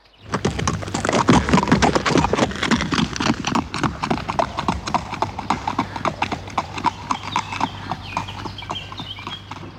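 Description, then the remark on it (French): Steady, brisk clip-clopping of horse hooves, a rapid run of sharp knocks that stays loud throughout, with a low hum underneath and faint bird-like chirps toward the end. “Toi, le cheval, va vite au marché.”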